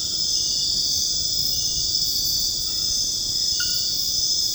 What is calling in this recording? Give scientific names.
none